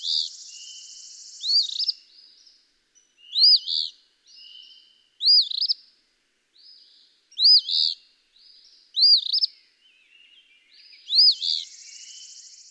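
Eastern phoebe singing its burry fee-bee phrase six times, with buzzing bands at the start and end and softer buzzy notes in the pauses.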